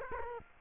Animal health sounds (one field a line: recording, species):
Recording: mosquito wingbeat signal from an infrared sensor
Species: Culex quinquefasciatus